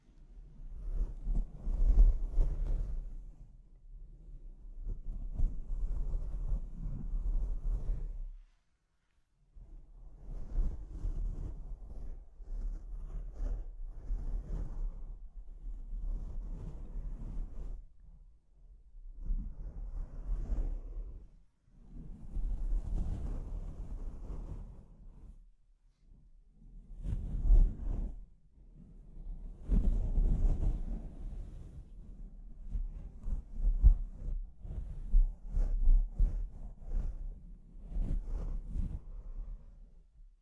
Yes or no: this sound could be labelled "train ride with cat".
no